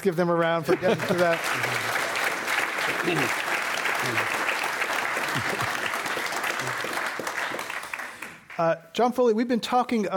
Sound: applause

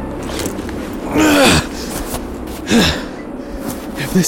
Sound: FX – standing. Clay groans as he pulls himself up

